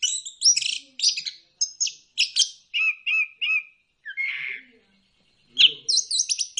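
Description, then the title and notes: Bird song of short bright chirps and trilled bursts in quick groups, a brief raspy buzz near four seconds, then a pause before sharp chirps resume. Bird chirping song meant for training pet birds. "Suara Burung. Suara Kicauan Burung untuk memaster burung kesayangan"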